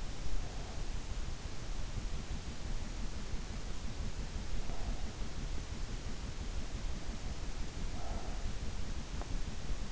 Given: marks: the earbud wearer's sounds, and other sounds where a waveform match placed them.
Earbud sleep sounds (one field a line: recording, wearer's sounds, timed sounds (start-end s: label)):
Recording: sounds in sleep by an in-ear microphone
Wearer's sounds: breath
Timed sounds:
0.00-1.00 s: breath
4.18-5.40 s: breath
8.07-9.24 s: breath